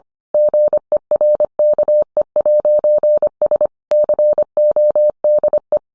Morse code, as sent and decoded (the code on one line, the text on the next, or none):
--. . .-. -.- . .----. ... / -.-. --- -.. .
GERKE'S CODE